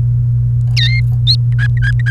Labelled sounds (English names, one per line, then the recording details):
Domestic Canary song
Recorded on 28 April 2018 at 17:23
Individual llb3